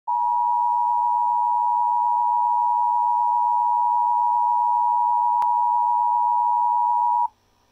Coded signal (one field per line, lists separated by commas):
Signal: Emergency Alert System (SAME) tones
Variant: 853 and 960 Hz attention tone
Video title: EAS 1478 TOR NWS BIRMINGHAM